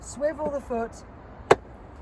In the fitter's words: until it clicks into place.